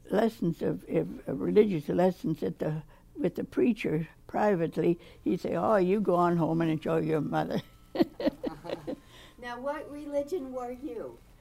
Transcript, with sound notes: lessons of — religious lessons at the — with the preacher privately, he'd say, "Oh, you go on home and enjoy your mother." [laughs]
Uh-huh. [chuckles] Now, what religion were you?